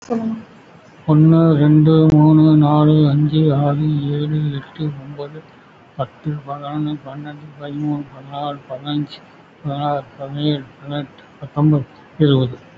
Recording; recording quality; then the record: counting at a fast pace; excellent, no background noise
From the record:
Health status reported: recovered from COVID-19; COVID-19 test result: positive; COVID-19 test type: RT-PCR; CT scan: taken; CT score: 0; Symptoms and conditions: cough, cold, breathing difficulty, muscle pain, chronic lung disease, pneumonia, diabetes, another condition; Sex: male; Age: 53 years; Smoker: yes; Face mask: worn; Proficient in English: no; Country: India